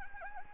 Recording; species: mosquito wingbeat signal from an infrared sensor; Anopheles gambiae